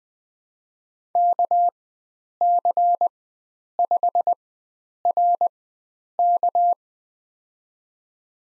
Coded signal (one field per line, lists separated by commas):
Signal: Morse code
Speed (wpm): 20 wpm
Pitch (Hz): 700 Hz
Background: none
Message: KC5RK